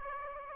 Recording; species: mosquito wingbeat signal from an infrared sensor; Aedes aegypti